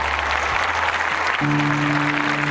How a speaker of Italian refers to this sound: L'ultimo applauso che riceve è quello lunghissimo della folla che attende alla bara davanti alla cappella dell'ospedale di Terni.